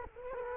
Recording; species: mosquito wingbeat signal from an infrared sensor; Culex quinquefasciatus